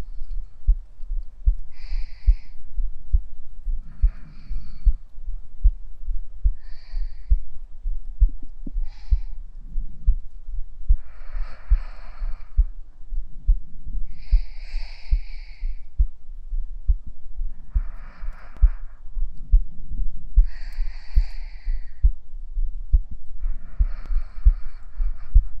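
A heartbeat thumps steadily while lying against a mother on a rainy day, low regular beats about once a second throughout. A constant low hum sits underneath, and soft hissy bursts come and go every couple of seconds, like muffled breathing or rustling.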